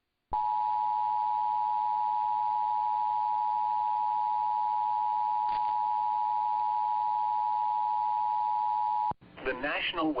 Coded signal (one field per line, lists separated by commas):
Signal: Emergency Alert System (SAME) tones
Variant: 853 and 960 Hz attention tone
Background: speech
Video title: FIRE AND WATER... EAS Alerts from 8/7/23 & 8/9/23 (EAS #2,814 - 2,816)